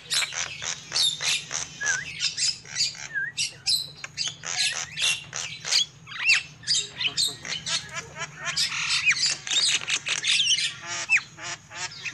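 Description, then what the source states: Lovebird chatter: fast, scratchy squeaks and screechy notes with occasional short whistles, coming in uneven bursts over a low hum. Lovebird calls used as a lure for trapping birds.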